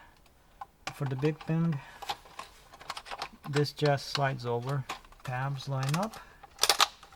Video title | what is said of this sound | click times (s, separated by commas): ➡ BMW E90 — Dashboard Trim Replacement — Complete Guide #bmw #diy #howto #e90 #e9x #328i #335i | and everything just clicks in place you just push it | 6.6 s, 6.7 s, 6.8 s